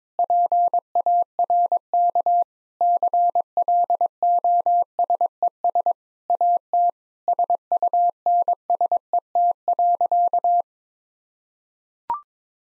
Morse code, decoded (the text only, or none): PARK CLOSES AT SUNSET.